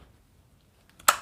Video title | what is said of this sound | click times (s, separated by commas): Unboxing and introduction to the JG Airsoft MAC 10 AEP replica. | and that locks down your shoulder brace and then underneath if you can make that out guys | 1.1 s